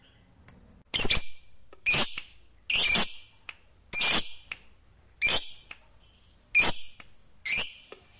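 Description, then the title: Lovebird squawks, harsh, noisy shrieks given one after another roughly every second, with brief silences between them. "Suara Lovebird"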